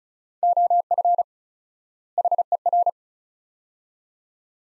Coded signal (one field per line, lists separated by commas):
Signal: Morse code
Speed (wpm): 36 wpm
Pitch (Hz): 700 Hz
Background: none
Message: OF HER